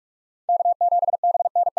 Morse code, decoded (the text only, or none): K7BNE